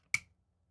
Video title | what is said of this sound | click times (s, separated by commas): Tascam XLR Module For Canon R5C - Everything You Need To Know | and you hear that little click and when you are done there's a button press right here and then you can undo it | 0.1 s